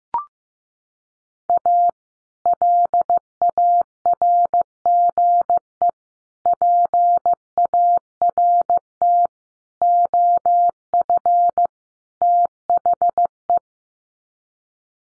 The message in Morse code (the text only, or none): A LARGE PART OF THE